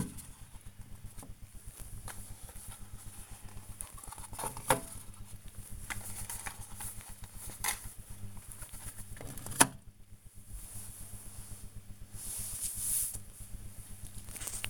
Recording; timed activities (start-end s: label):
household activities, microphone on the right wrist
0.00-14.70 s: dusting model cars